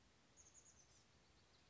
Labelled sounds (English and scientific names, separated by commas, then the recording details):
Chestnut-backed Chickadee (Poecile rufescens)
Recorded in Sonoma County, California